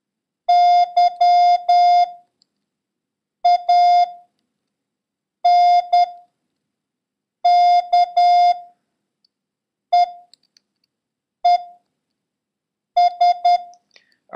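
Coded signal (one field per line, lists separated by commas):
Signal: Morse code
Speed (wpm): 10 wpm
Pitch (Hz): 710 Hz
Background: none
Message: YANKEES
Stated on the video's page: Morse code lesson covering letters Y, J, L and the number 4, with a random run drill.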